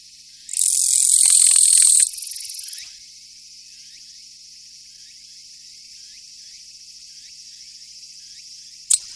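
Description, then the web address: Japanese katydid giving one loud, harsh, high buzzing burst, then a softer stuttering tail, followed by faint, quick ticking in the background and a brief sharp click near the end. "sikioto insect kirigirisu"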